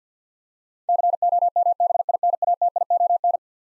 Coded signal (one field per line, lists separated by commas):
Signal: Morse code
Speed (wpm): 50 wpm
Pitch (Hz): 700 Hz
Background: none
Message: COMBINATION